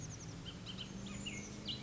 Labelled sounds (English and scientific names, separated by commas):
Bullock's Oriole (Icterus bullockii)